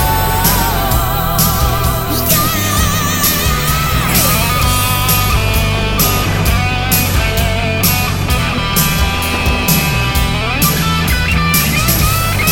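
Melodic AOR rock plays at a steady, full level, with a thick low bass line under a wavering, singing lead melody that bends and slides. Regular drum and cymbal hits push it along, growing more pronounced from about five seconds on.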